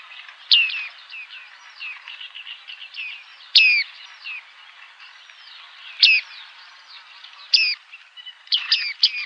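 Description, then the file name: Bearded reedling calls, a busy mix of soft twittering notes broken by louder ringing, bent pings, several in quick succession near the end. "WASATKA"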